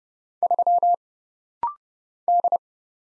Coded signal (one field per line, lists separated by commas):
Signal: Morse code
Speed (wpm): 30 wpm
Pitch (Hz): 700 Hz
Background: none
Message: 3 D